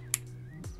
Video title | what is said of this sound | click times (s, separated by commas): AMAZON LIVE DEALS | did it on this one too and then this listen this locks into place | 0.1 s